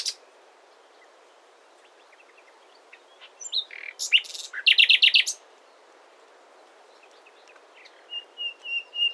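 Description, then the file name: Common nightingale song: scattered quiet notes, then a burst of loud, rapid, metallic repeated notes, followed by soft high whistles repeated near the end. "Luscinia megarhynchos"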